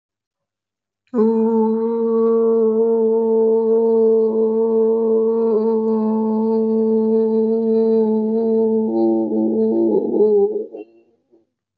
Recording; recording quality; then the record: sustained vowel as in boot; excellent, no background noise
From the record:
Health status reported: recovered from COVID-19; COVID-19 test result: positive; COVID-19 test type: RT-PCR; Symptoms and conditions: cough, fever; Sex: female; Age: 25 years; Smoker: no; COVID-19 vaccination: both doses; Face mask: worn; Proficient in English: yes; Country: India